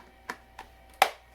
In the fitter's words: snap in place we're gonna go get some gas for this and see if we can fire up